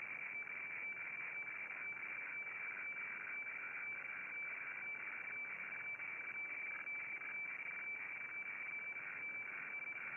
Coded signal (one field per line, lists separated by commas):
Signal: weather fax (radiofax)